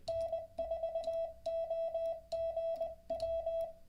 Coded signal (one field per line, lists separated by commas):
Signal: Morse code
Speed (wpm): 20 wpm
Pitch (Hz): 660 Hz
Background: none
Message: N4OGW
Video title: How to Learn Morse Code LIVE with N0SSC (Day 28)